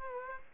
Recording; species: mosquito wingbeat signal from an infrared sensor; Aedes aegypti